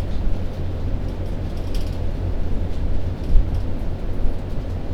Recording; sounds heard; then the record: poultry house recording; no chicken sound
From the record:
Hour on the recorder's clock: 0